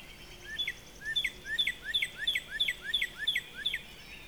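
Northern Cardinal song: around ten bright, steeply falling whistles delivered in a steady rhythm, about three each second, over a steady background hiss.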